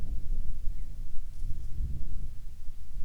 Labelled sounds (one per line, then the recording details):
wind
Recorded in the Arctic National Wildlife Refuge, Alaska, on 10 July 2019 at 18:32
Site 44